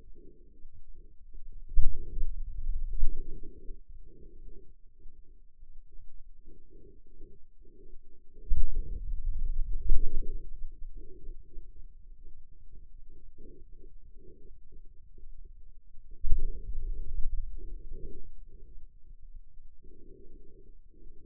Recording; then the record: forearm muscle sounds (acoustic myography)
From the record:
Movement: finger pinch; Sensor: system 2, bracelet of six BSWA MPA416 microphones around the upper forearm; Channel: 5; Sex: male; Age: 22 years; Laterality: right